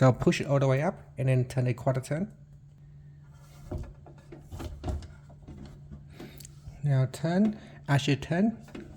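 Someone talks while a new water filter cartridge is pushed up into the filter head of a Zip HydroTap boiling/chilled water tap and turned a quarter turn, with faint short handling knocks between about 3.7 and 6.5 seconds. Nothing has seated or clicked yet; the red button has not clicked in to lock the filter.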